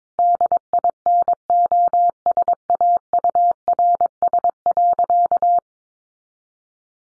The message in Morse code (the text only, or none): DINOSAURS.